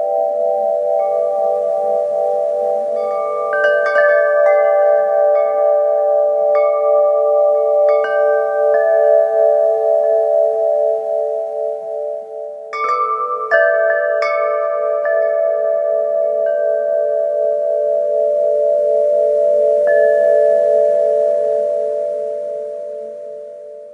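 Metal wind chimes ring with a steady, sustained hum of overlapping tones in the middle range. Bright strikes cluster around 4–9 seconds and again near 13–15 seconds, with a single high note near 20 seconds, each decaying slowly over a faint airy hiss.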